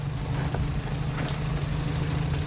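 A car engine idles steadily, a constant low rumble with a faint hum running underneath and no change in level. No voices are heard.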